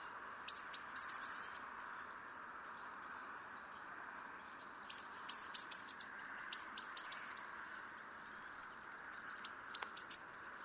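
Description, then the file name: Eurasian blue tit giving four separate bursts of sharp, very high notes that tumble downward in pitch, with quiet pauses between them. "Cyanistes caeruleus"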